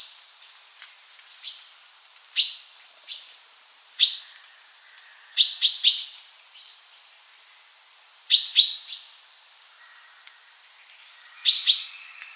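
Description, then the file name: Common chaffinch calling, sharp high chirps given singly and in quick pairs or triplets at irregular intervals, with faint softer calls from other birds. "buchfinke"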